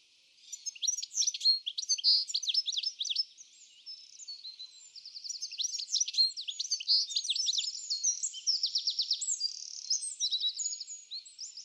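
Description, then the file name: European goldfinch chattering almost continuously with bright, high tinkling notes mixed with repeated rapid buzzy trills, lively throughout apart from one quieter stretch early on. "Carduelis carduelis"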